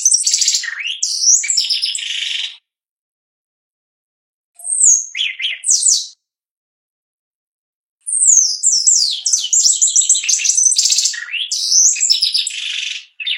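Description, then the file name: Shiny cowbird repeating its song: a dense burst of high slurred notes, a shorter whistled and gurgled phrase, then a long bubbling run of rapid descending notes. "canto do chupim"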